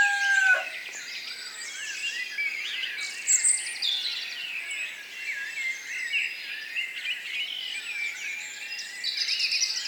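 Birds chirping in a dense chorus, many overlapping high twittering and trilling notes throughout, opening with a brief lower drawn-out tone in the first half-second.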